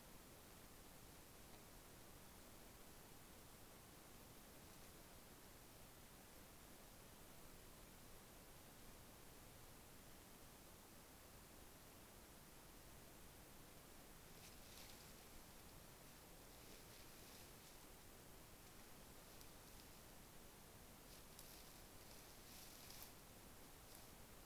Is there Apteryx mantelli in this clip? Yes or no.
no